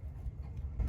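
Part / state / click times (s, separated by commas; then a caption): spark plug wire boot onto spark plug terminal / not seated / none. A spark plug wire boot is being pushed back onto the terminal of a newly installed spark plug in the tight engine bay of a 1994 Ford Explorer Sport with the 4.0L V6. Only a steady low rumble and faint handling noise are heard, growing slightly louder near the end. Nothing has seated or clicked yet.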